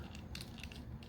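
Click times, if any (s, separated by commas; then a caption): none. A plastic hip-area part on a transforming robot figure is handled and pressed down during transformation, with a few short, sharp ticks and light rubbing over a faint low hum. Nothing has seated or clicked yet; the clip ends just before the part pops into place.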